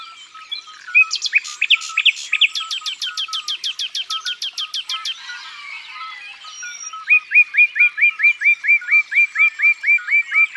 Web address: Rossignol philomele. abc de la nature